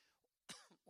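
A single sharp, explosive cough in an adult man who has had a bit of a cough lately and is a little hoarse: a sudden, noisy, mostly high-pitched burst followed by a brief voiced tail. It fits an ordinary isolated cough.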